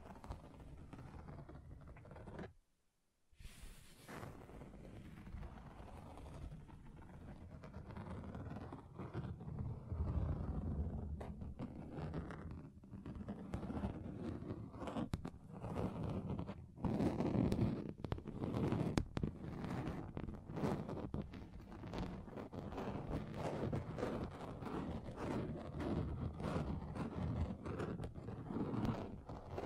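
A table is scratched across different surfaces in a continuous, rough scraping with many short strokes and crackles. Near the third second it cuts out briefly, then resumes and grows louder and more gritty after about ten seconds, with a low rumbling underneath.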